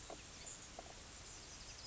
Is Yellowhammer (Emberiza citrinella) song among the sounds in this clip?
no